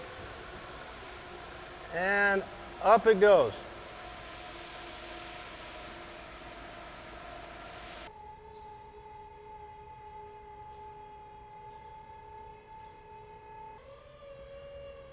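A Pierce Quantum pumper fire truck cab is raised on its hydraulic rams, its steel safety lock bar not yet seated, which keeps the cab from pinching anyone underneath if the rams fail. Someone talks briefly around 2 to 3.5 seconds over a steady mechanical hum, which changes at about 8.1 seconds to a clear tonal drone and shifts again near 13.8 seconds. The clip ends before the bar locks, so nothing has seated or clicked yet.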